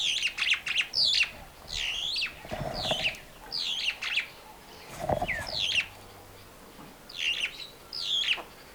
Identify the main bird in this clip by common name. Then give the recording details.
Superb Starling. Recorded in Kenya